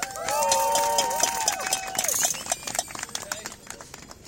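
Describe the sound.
A crowd at a noise protest demonstration about keeping Greenland free of Trump breaks into applause for a speaker taking the floor, dense steady clapping with a few voices calling out near the start, then gradually thinning and fading over about four seconds.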